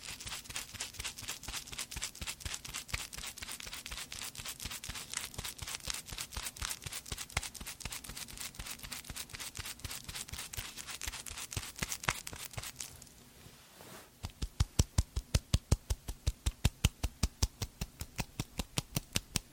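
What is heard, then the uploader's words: Rapid, dense tapping and brushing strokes run steadily for about thirteen seconds, bright and crisp. A brief softer rustle near fourteen seconds, then slower, more distinct taps with sharper, louder attacks continue at a regular pace to the end. Doing Your Night Skincare Fast & Aggressive (layered sound, tapping, hair brushing, no talking).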